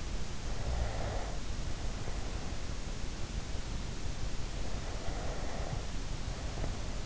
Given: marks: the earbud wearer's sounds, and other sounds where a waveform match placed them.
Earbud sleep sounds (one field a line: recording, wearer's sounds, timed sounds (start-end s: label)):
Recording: sounds in sleep by an in-ear microphone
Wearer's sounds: breath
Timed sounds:
0.28-2.65 s: breath
4.47-7.05 s: breath